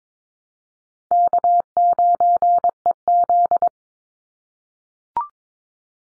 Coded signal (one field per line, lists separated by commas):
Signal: Morse code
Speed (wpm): 22 wpm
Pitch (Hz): 700 Hz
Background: none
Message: K9EZ